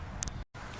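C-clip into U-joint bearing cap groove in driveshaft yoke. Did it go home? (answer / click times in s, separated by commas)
yes / 0.2 s, 0.3 s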